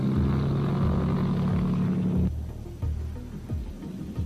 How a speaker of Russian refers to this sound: В процессе интервью послышался рев самолетов, шестиместной Цесны и 20-местного Гаяна Airways Twin Otter.